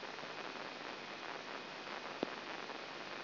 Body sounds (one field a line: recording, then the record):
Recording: brain microelectrode recording played as sound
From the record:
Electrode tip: inside the subthalamic nucleus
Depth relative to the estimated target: -1 mm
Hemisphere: left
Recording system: AlphaMap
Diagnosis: Parkinson's disease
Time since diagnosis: 12 years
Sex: female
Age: 47 years